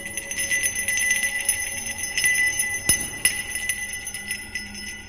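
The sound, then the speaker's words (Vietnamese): A bronze bell, a family heirloom, rings repeatedly with bright, sustained high tones and shimmering overtones, its strikes layering into a continuous ringing wash with occasional sharper clangs, no voices present. “Thì ra ngay trước khi cô gái tấn công Lang Trượng, Gia Huy ở gần đó đã nhanh trí lôi cái chuông đồng, bảo vật của gia tộc.”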